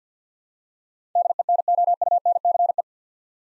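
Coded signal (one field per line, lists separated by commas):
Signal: Morse code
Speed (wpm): 49 wpm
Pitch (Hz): 700 Hz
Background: none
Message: DENOUNCE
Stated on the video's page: Morse word-copying practice at 50 wpm, eight-letter words, each word sent twice.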